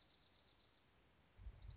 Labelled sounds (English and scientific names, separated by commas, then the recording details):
Dark-eyed Junco (Junco hyemalis)
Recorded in Sonoma County, California